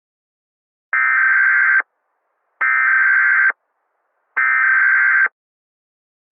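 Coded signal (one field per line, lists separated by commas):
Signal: Emergency Alert System (SAME) tones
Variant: header bursts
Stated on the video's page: Mock EAS alert, simulated, set in a Roblox game.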